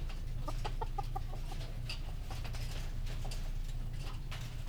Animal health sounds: poultry house recording; healthy chickens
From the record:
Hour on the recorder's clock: 19

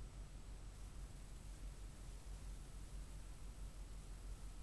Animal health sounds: poultry house recording; no chicken sound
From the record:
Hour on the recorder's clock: 18

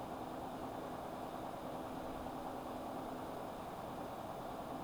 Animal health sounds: poultry house recording; no chicken sound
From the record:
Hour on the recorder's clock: 23

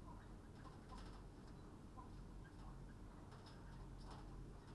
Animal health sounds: poultry house recording; healthy chickens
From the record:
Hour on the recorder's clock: 21

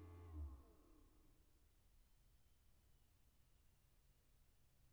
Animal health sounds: poultry house recording; no chicken sound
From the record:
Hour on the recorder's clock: 18

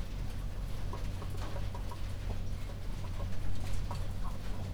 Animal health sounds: poultry house recording; healthy chickens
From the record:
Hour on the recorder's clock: 0

